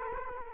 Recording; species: mosquito wingbeat signal from an infrared sensor; Culex quinquefasciatus